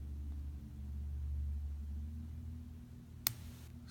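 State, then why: Seated. The long side of a Seiko SRP777 watch strap is refitted and its spring bar is pressed into the case lug hole over a low, steady hum. A single sharp snap at 3.3 s marks the spring bar seating in the lug.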